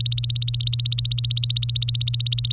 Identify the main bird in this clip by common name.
Domestic Canary